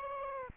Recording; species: mosquito wingbeat signal from an infrared sensor; Aedes aegypti